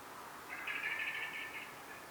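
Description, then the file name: Eurasian blackbird delivering one rapid, scratchy chattering burst of about a second against soft background noise. "Turdus merula"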